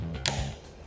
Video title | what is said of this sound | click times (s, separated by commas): UNBOXING & CARA PERAKITAN MOBIL MAINAN AKI - ROCKY - VOLTA 5008 - SHPTOYS | tekan spionnya kebawah sampai terdengar suara klik lalu spion sudah terpasang dengan sempurna | 0.3 s